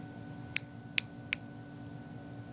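A resealable cap on a New York Seltzer peach soda can or bottle is worked open with some difficulty, giving three sharp, bright clicks at 0.6, 1.0 and 1.3 seconds over a quiet, steady hum. The lid releases and opens.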